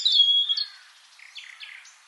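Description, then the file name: European robin giving a clear high whistled note, then after a pause a soft sequence of short warbled notes. "Erithacus rubecula"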